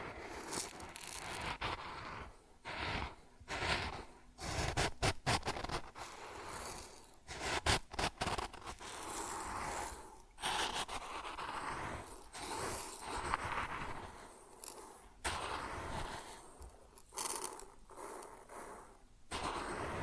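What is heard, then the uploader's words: Grain sounds pour and scrape in dense, rustling bursts, with brief pauses and sharper gritty sweeps around two, seven, and fifteen seconds. ASMR Grain Sounds (No Talking).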